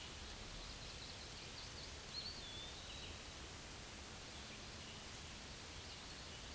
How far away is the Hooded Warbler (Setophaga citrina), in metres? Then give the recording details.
about 15 m. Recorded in a Pennsylvania forest on 18 May 2023 at 11:03. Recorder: AudioMoth, point grid1_31_low. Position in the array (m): 150 m, 107 m